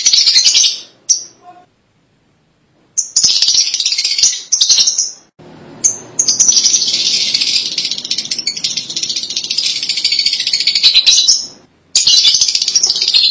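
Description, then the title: Lovebird chattering calls, shrill buzzy bursts high in pitch, broken by stretches of silence and a few short chirps. "BM Suara Burung Lovebird"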